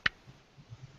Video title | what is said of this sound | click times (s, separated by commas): Nocturnal LateNight Live 8-29-2015 | Did you hear that little click? | 0.1 s